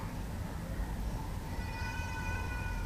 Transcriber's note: child is still crying